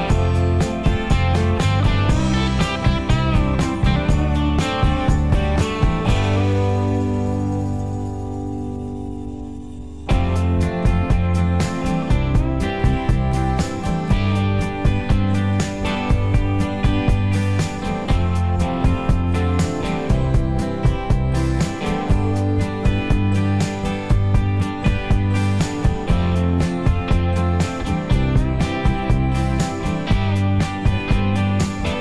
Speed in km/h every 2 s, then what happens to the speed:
18, 26, 32, 40, 47, 50, 53, 56, 60, 61, 66, 68, 68, 68, 69, 71.
0-21 speeds up to 68. 21-32 steady at about 68.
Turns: none.